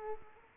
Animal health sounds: mosquito wingbeat signal from an infrared sensor; Aedes aegypti

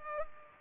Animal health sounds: mosquito wingbeat signal from an infrared sensor; Culex pipiens

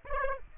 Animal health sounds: mosquito wingbeat signal from an infrared sensor; Aedes aegypti

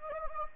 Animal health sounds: mosquito wingbeat signal from an infrared sensor; Anopheles gambiae

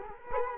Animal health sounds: mosquito wingbeat signal from an infrared sensor; Culex quinquefasciatus

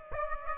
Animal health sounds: mosquito wingbeat signal from an infrared sensor; Aedes aegypti

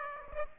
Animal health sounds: mosquito wingbeat signal from an infrared sensor; Aedes aegypti

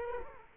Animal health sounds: mosquito wingbeat signal from an infrared sensor; Culex quinquefasciatus

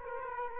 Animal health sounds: mosquito wingbeat signal from an infrared sensor; Aedes aegypti

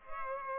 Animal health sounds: mosquito wingbeat signal from an infrared sensor; Culex pipiens

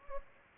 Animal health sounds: mosquito wingbeat signal from an infrared sensor; Anopheles gambiae

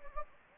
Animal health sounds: mosquito wingbeat signal from an infrared sensor; Anopheles gambiae

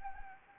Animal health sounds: mosquito wingbeat signal from an infrared sensor; Anopheles gambiae

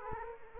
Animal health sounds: mosquito wingbeat signal from an infrared sensor; Aedes aegypti

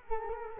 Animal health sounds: mosquito wingbeat signal from an infrared sensor; Culex quinquefasciatus

